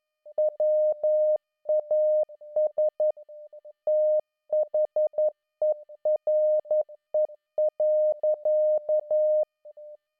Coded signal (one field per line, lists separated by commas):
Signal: Morse code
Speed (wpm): 11 wpm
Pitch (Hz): 610 Hz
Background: none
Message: WAS THERE.